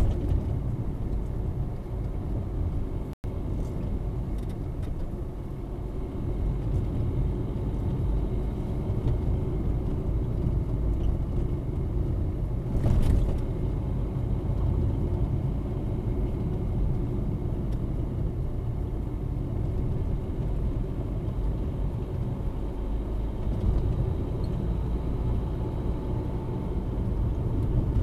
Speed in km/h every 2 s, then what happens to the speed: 39, 37, 36, 37, 41, 39, 38, 40, 38, 36, 38, 40, 45, 46.
0-19 steady at about 38. 19-28 speeds up to 46.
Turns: none.